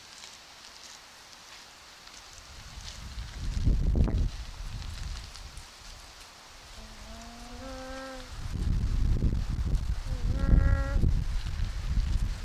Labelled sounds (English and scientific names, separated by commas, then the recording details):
Hawaiian Goose (Branta sandvicensis) call
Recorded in captivity
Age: adult
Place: Wildlife Park Shubenacadie, Nova Scotia, CA
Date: 1991-10-10 10:55
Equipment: Sony WM-D6C, Sony ECM-939 LT (Stereo), Kopie Uher 4400 IC
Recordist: Frommolt, Karl-Heinz